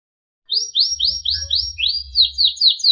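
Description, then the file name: Canary song: several rapid sweeping notes, then quicker sweeping phrases with short high chips, over a faint low hum. Sekar Jagad variety canary. "audio-kenari-sekar-jagad- omkicau"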